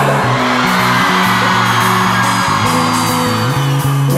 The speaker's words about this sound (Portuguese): aqui presentes, toda mulher de Santos, eu quero ouvir o grito da mulher.